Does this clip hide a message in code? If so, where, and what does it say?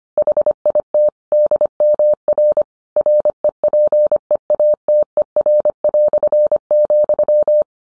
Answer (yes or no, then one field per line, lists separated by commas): yes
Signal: Morse code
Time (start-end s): 0.2-7.6 s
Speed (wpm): 25 wpm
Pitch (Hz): 600 Hz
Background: none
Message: HIT DMR REPEATER",